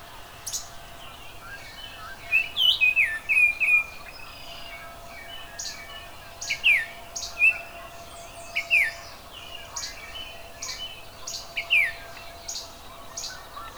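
Oriole song: repeated phrases of fluty, down-slurred whistles spread throughout, mixed with sharp high chips.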